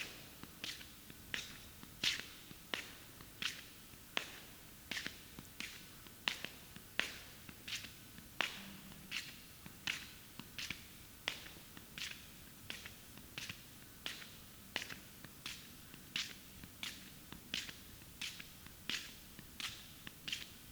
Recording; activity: daily activity, guitar pickup as the sensor; walk